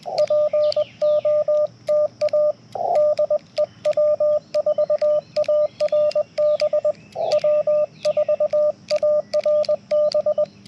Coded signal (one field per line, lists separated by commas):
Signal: Morse code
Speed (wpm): 20 wpm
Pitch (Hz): 600 Hz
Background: radio noise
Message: POTA DE W4ARB W4ARB